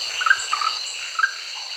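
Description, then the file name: Orange-bellied tree frog giving a few short chirping notes in quick pairs, over a steady high insect drone. "Rhacophorus aurantiventris"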